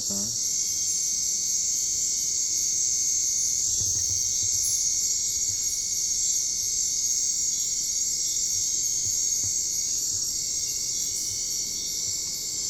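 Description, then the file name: European mole cricket song: a steady, continuous churring tone, broken briefly twice, running beneath a louder, high-pitched chorus of other insects. "TB 220908 2100 Telinga Graz MAULgrill 2290 Hz 25 grad"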